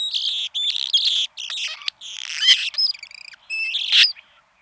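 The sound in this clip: Anna's hummingbird song: a scratchy, buzzy jumble of high squeaky and raspy phrases, broken by brief pauses, with a few thin whistled notes.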